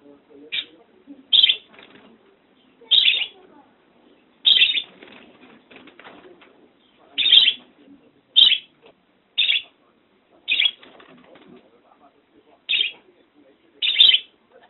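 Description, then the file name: Budgerigar giving sharp, scratchy chirps spaced one to three seconds apart, with soft rustling and faint murmuring chatter between them. "Budgie Sounds Asli"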